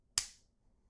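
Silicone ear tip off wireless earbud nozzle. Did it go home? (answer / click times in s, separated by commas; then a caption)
released / 0.2 s. A medium silicone ear tip is pulled off the nozzle of an AirPods Pro wireless earbud with a little force. A single sharp snap sounds at 0.2 s and fades quickly into near silence. The ear tip pops off and is released from the earbud.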